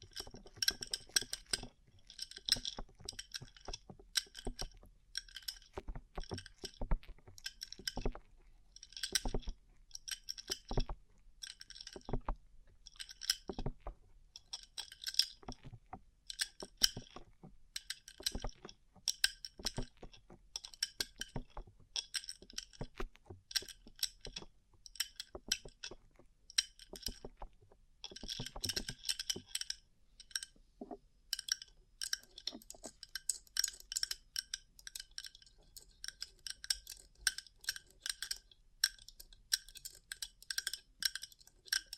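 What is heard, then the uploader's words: Rhinestone-covered surfaces are tapped in quick, uneven bursts of sharp, bright clicks with a glassy, clinking edge. The tapping stays dense and busy through about half a minute, then thins into lighter, scattered clicks toward the end. ASMR Rhinestone Covered Tapping 3Dio (No Talking).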